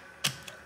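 A RAM stick is inserted at 45 degrees into the SO-DIMM slot of a Dell G7 7790 laptop and pressed down until the metal side clips snap into their latches. A sharp click comes at 0.3 s and a smaller one at 0.5 s. The module is seated and confirmed good.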